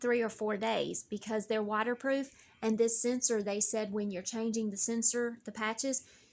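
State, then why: Not seated. Someone talks while handling a wearable cardiac telemetry sensor and its waterproof adhesive electrode patch, before the sensor is pressed hard onto the patch to lock it watertight. Only speech is heard, with no distinct hit. Nothing has seated or clicked yet.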